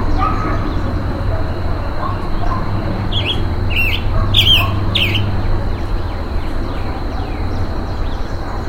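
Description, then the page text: Roadside hawk calls: three or four squealing, harsh notes in quick succession midway, then faint thin descending chirps, all over a steady low rumble. Calls given while being mobbed, in humid tropical forest. "Calls of a Roadside Hawk as it is being mobbed in humid tropical forest."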